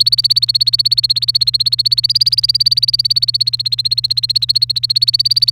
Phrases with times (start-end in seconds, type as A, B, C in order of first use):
0.00-5.52 A